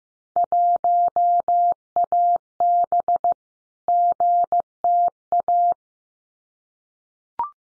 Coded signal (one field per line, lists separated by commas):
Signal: Morse code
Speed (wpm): 15 wpm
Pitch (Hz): 700 Hz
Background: none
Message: 1AB GTA